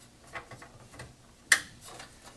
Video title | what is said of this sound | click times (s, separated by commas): How to Build a High Performance PC | There we go, clicked right in. | 1.5 s